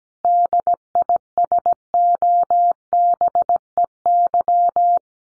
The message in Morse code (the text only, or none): DISOBEY